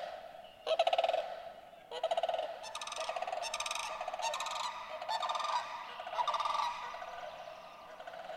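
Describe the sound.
Sandhill crane uttering a series of purring, rattled calls, some short and some drawn out, running almost continuously throughout.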